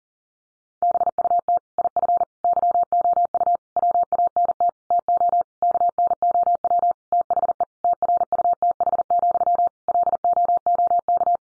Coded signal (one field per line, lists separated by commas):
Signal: Morse code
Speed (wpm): 40 wpm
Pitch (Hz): 700 Hz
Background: none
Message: BUT IF YOU WANT TO KNOW THE TRUTH, LOOK